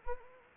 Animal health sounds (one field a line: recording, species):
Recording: mosquito wingbeat signal from an infrared sensor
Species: Anopheles arabiensis